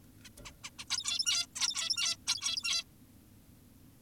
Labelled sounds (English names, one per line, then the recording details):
Zebra Finch
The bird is an adult
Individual g17y2U